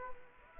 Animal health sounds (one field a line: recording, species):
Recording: mosquito wingbeat signal from an infrared sensor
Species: Aedes aegypti